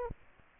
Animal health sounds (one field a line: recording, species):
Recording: mosquito wingbeat signal from an infrared sensor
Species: Anopheles gambiae